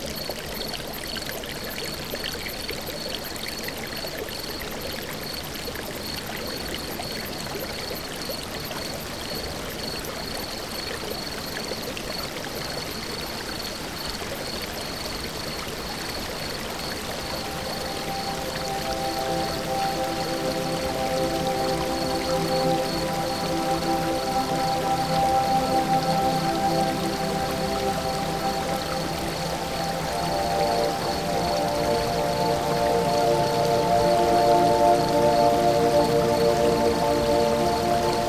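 A water soundscape of steady trickling and pouring that grows louder after about fifteen seconds, adding a low droning hum and a thin high whine.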